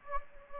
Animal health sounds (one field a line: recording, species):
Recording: mosquito wingbeat signal from an infrared sensor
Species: Anopheles gambiae